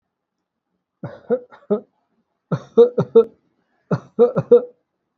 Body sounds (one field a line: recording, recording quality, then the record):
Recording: shallow voluntary cough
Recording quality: excellent, no background noise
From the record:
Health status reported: healthy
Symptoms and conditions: cough, cold, fever, muscle pain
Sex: male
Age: 34 years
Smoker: no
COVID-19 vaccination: both doses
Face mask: not worn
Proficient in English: yes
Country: India